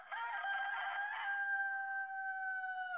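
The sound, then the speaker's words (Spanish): A rooster crows far off, one long drawn-out cock-a-doodle-doo with a bright, reedy pitch that holds steady before dropping slightly at the end, heard alone without voices. “Lo que sí se oyó, muy a lo lejos, fue un canto de gallo que para algunos de nosotros”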